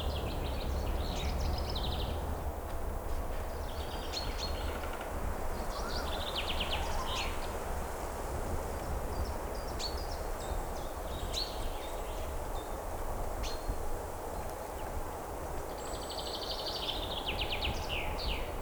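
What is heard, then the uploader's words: Steady dense rain and wind hiss through a night forest, with a low rumble underneath and bursts of high cricket chirping every few seconds. FOREST AT NIGHT - Crickets Owls Rain Wind in Trees.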